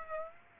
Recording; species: mosquito wingbeat signal from an infrared sensor; Aedes aegypti